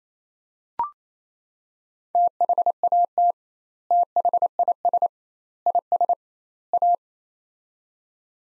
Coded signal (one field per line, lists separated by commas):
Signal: Morse code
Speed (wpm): 28 wpm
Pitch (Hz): 700 Hz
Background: none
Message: THAT THIS IS A